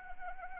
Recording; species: mosquito wingbeat signal from an infrared sensor; Anopheles arabiensis